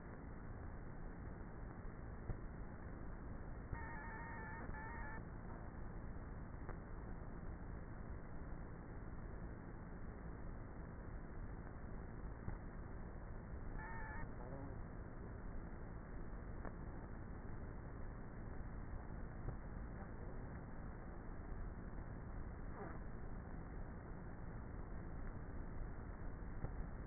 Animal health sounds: honeybee colony, microphone inside the hive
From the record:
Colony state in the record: queenless with a low population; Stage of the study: before two queens were removed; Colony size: about 30,000 bees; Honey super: no

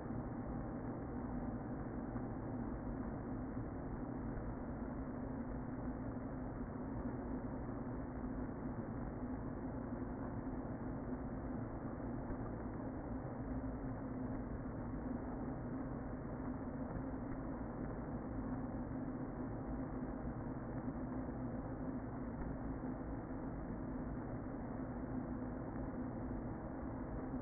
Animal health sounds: honeybee colony, microphone inside the hive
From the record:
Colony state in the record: queen present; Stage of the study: before two queens were removed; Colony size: about 60,000 bees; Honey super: yes

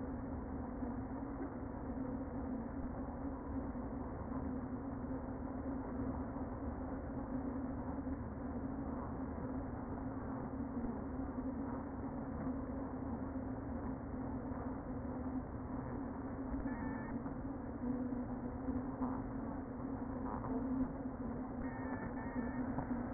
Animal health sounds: honeybee colony, microphone inside the hive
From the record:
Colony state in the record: queen present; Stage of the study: before two queens were removed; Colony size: about 60,000 bees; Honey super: yes

